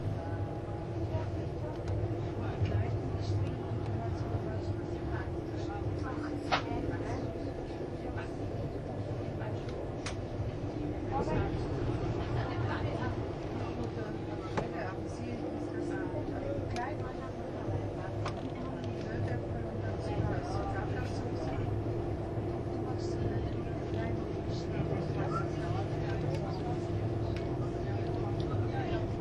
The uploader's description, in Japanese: スイスでは主力の車体傾斜車両であるRABDe500形ICN、その本領を発揮するゴッタルド線の列車